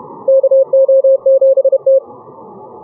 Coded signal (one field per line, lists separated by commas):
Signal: Morse code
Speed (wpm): 31 wpm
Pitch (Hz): 540 Hz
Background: none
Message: KO7T